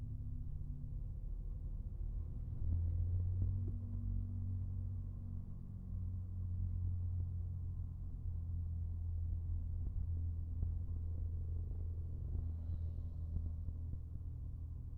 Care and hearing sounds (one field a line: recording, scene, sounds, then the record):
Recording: everyday scene through a hearing-aid microphone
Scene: in a vehicle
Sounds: engine, rumble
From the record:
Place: Skoda Fabia, gasoline engine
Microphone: behind the ear, right, rear